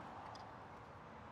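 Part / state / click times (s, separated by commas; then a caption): handlebar switch wiring connector into motorcycle harness plug / not seated / none. The plastic connector for the new factory handlebar switch buttons on a 2020 BMW S1000RR is fumbled and turned against the motorcycle's harness plug to find the right orientation, since it looks square but only goes one way. Only a steady, low broadband hiss is heard, with a faint brief tick near 0.4 s. Nothing has seated or clicked yet.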